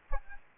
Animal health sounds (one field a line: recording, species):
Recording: mosquito wingbeat signal from an infrared sensor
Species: Aedes aegypti